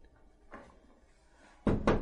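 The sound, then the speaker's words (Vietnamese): Knocking on a door at night in the rear courtyard of the Lệ Thuận prefecture office in Uyển Châu: one soft tap, then a pause followed by two loud, heavy knocks in quick succession, with no voices present. “Sau tiếng đập cửa đó, truyền tới thanh âm của một tâm phúc của Doãn Triều Tiên.”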